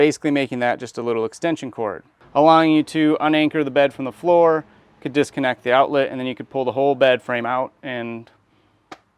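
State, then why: Seated. A man talks for most of the clip while a removable access panel in the van's bed platform is pressed back into its opening. After the talking stops, a short sharp click is heard at 8.9 seconds as the panel seats back into the bed frame.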